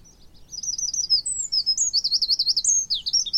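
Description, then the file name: Eurasian wren song: a rapid, high burst of sharp notes and trills lasting a few seconds. "Troglodytes troglodytes"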